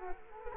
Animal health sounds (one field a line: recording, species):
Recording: mosquito wingbeat signal from an infrared sensor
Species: Culex quinquefasciatus